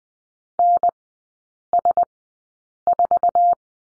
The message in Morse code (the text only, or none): NS4